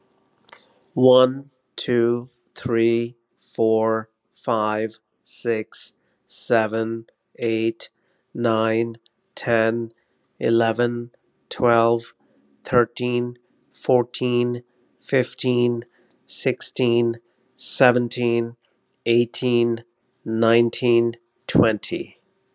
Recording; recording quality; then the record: counting at a normal pace; excellent, no background noise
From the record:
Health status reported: respiratory illness, not identified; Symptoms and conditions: hypertension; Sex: male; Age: 45 years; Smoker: not ticked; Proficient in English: yes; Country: Canada